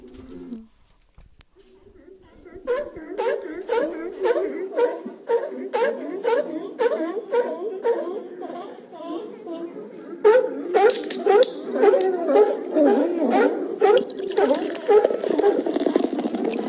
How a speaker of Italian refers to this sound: Oh, c'è. Sento delle foche.